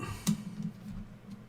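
A plastic building-brick subassembly is flipped as the instructions show and pressed onto a brick model. A single sharp tick sounds at 0.3 s, and the brick is seated on.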